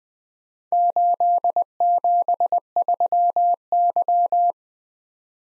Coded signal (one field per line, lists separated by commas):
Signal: Morse code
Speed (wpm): 20 wpm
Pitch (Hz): 700 Hz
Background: none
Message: 873Y